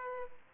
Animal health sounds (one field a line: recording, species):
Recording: mosquito wingbeat signal from an infrared sensor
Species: Culex pipiens